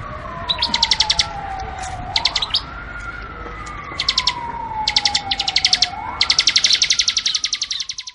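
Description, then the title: Bar-winged prinia song: short high trilled phrases in quick succession, with a siren-like tone rising and falling slowly underneath. Tutor recording from 2019 for training birds, covering the semi and crystal varieties. "Masteran 2019 Cisem Ciblek Semi Dan Cikris Ciblek Kristal"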